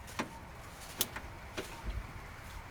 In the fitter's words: all you do is push in give it a good hard push and they both go in snap into place